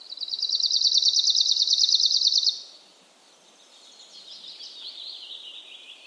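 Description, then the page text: Arctic warbler song: an even, fast ringing trill held level for about two and a half seconds, then quiet, with faint warbling afterwards. Rare bird; song usually heard in dense, impenetrable woodland thickets; described as an even ringing or trilling sound. "Suomen Luonto. Lapinuunilintu helskyttelee pöpelikössä. Harvinaisen lapinuunilinnun (Phylloscopus borealis) laulun voi päästä hyvällä tuurilla kuulemaan – usein läpitunkemattomassa metsäryteikössä. Se on tasainen helinä tai sirinä. Lapinuunilinnun äänitti Lauri Hallikainen. Kultasointu"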